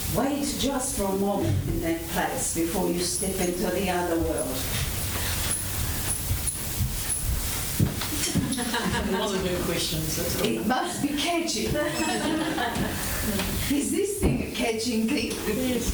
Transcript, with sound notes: wait just for a moment in that place before you step into the Other World - (There is laughter as someone else goes to the toilet) It must be catching. Is this thing a catching thing.Yes.